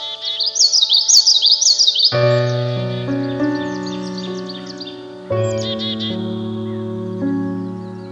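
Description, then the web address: Common yellowthroat singing a rapid series of repeated rolling high phrases for about two seconds over sustained piano notes, then louder piano chords fill the rest. "Dan Gibson's Solitudes Piano Songbirds. Common Yellowthroat"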